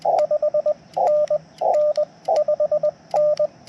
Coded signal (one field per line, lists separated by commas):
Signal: Morse code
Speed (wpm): 20 wpm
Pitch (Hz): 600 Hz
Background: radio noise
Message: 5NN 5N